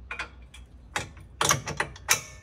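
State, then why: Seated. A metal locking pin is slid back through the raised steel upright arm of a 200 lb capacity hitch eBike rack, making a series of short, sharp metallic clicks and rattles. The pin clicks into place at 1.4 s, with further clacks around 1.5, 1.8 and 2.1 s, and the upright is locked.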